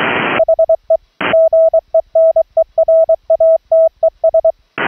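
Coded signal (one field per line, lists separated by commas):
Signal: Morse code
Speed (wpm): 23 wpm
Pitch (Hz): 650 Hz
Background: radio noise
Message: HE GENERATES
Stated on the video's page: CW audio sent from a remote laptop over a low-latency wired LAN audio-over-IP link, heard from the rig's transmit monitor.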